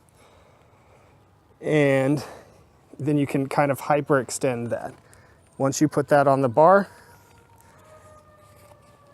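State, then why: Not seated. Someone talks while a hyperextended leg of a Kingcamp Ultralight Camp Cot is placed on the cot frame bar and lined up before being pushed down to lock. Nothing has clicked or locked into place yet.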